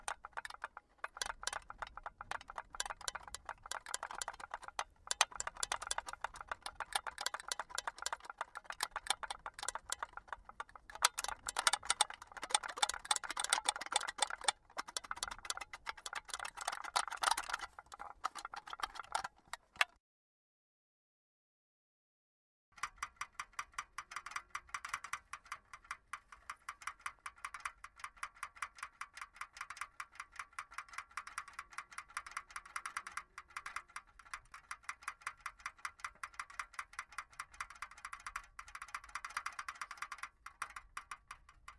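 Empty aluminum cans are handled in dense, rapid clicking and crinkling, with bright tinny ticks packed closely together for about twenty seconds. A silent gap of roughly three seconds follows, then the handling resumes, slightly softer and more even, until the end.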